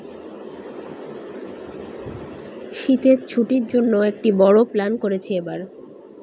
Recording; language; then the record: elicited speech; Bengali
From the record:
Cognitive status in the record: cognitively healthy